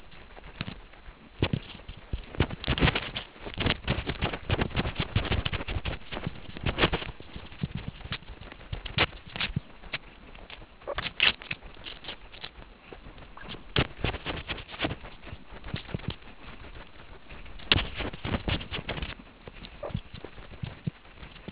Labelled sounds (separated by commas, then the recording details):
meerkat close call
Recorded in the Kuruman River Reserve, South Africa
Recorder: an audio tag on a meerkat's collar